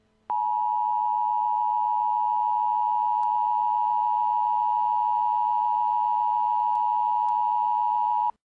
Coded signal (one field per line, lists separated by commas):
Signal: Emergency Alert System (SAME) tones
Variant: 853 and 960 Hz attention tone